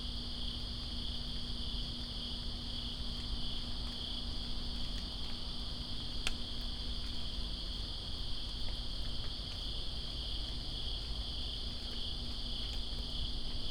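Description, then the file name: Cricket: dense, even trilling of crickets continues throughout, with one loud sharp tap near the middle, light rain ticks and a low steady rumble. Crickets recorded in rain in Greensboro on 2 September 2017. "Greensboro Crickets And Rain-2017-09-02"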